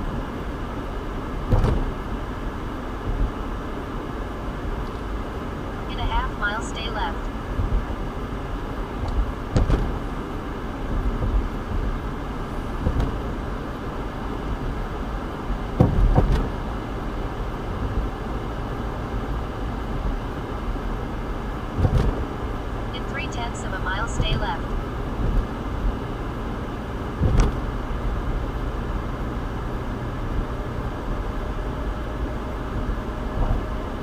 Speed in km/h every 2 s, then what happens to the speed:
74, 71, 69, 69, 68, 68, 68, 69, 69, 69, 71, 72, 72, 72, 74, 76, 71.
0-7 slows to 68. 7-34 steady at about 71.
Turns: none.